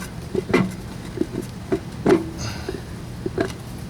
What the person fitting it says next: There's the 2nd click, and that's all it wants to do.